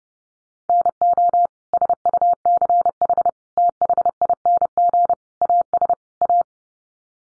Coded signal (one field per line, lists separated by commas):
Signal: Morse code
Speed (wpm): 30 wpm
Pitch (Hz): 700 Hz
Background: none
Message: NO SUCH THING AS A